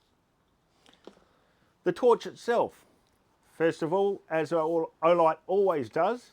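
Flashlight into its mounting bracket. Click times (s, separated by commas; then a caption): 0.9 s, 1.1 s. An Olight torch is inserted back into its mounting bracket at about a 45-degree angle and twisted in until it locks, giving quiet clicks at 0.9, 0.9 and 1.1 seconds. The torch is seated and locked in position, and then someone talks.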